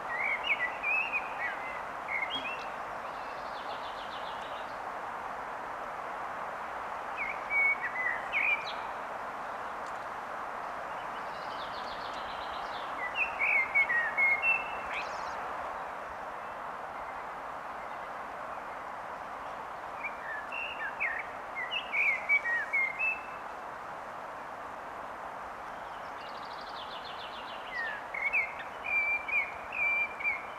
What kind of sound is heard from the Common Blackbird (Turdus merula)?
song